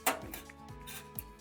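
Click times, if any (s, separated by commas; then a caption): none. A metal I/O back plate is handled against the rear opening of a PC case, giving a sharp knock at about 0.1 s, lighter taps near 0.3 s and 0.5 s, and a brief tick at 1.2 s over a steady tonal hum. Nothing has clicked or seated yet; the plate is not home by the end of the clip.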